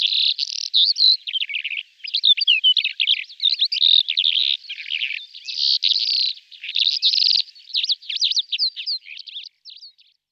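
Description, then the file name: Calandra lark song: a continuous, fast jumble of chirps, trills and buzzy notes, with brief pauses near two seconds and toward the end; no other sounds stand out. "Kalandra zpevna Melanocorypha calandra"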